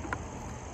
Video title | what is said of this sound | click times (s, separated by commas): Shooting My Empire Mini GS Paintball Gun for the First Time!! | but oh that nice click we're going to put this on here | 0.1 s